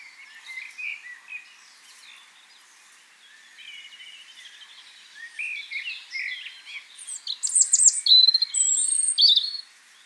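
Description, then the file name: European robin song, soft varied warbles building into loud high whistles and rapid trilled notes in the second half. "Erithacus rubecula"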